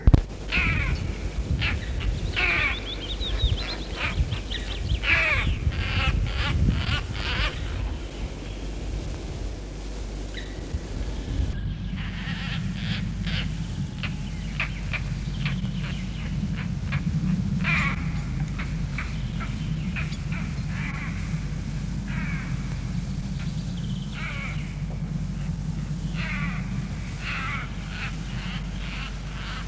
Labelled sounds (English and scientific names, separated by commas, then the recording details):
European Roller (Coracias garrulus)
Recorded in the wild
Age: adult
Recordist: Meyer, Hugo